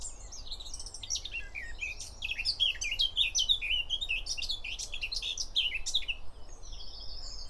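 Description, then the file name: Eurasian blackcap song: fast, jumbled warbling with sweeping high notes, growing louder in the middle, over a low background rumble. "Sylvia atricapilla"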